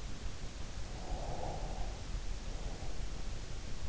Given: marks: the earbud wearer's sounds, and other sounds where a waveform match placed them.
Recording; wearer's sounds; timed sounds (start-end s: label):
sounds in sleep by an in-ear microphone; breath
0.81-3.35 s: breath